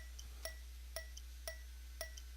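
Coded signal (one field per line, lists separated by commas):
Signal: tap code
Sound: four evenly spaced sharp metallic taps about half a second apart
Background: low electrical hum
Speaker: the word that it sent me is zebra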